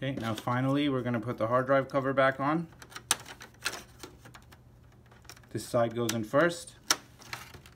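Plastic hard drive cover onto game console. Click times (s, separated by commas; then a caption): 6.9 s. Someone talks while refitting the plastic hard drive bay cover onto a PS4 Pro game console after a no-power repair with a power supply replacement, inserting one side first and then pushing it. Scattered light ticks and taps come from handling the cover. A loud, sharp tick at 6.9 s marks the cover clicking home and seating.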